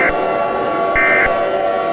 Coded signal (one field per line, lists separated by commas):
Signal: Emergency Alert System (SAME) tones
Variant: end-of-message bursts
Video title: an EAS SHORT: Nola the goanimator shutting my down